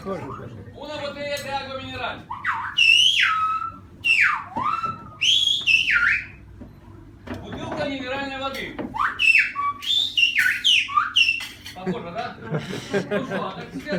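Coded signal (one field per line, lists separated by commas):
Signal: whistled language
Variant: Silbo Gomero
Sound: loud gliding whistles rising and falling between phrases of spoken voice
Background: speech, room echo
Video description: This is a special way of talking through the whistle that has been used for thousands of years on the island of Homer. This language reproduces through the whistle the Spanish language spoken by the inhabitants of the island.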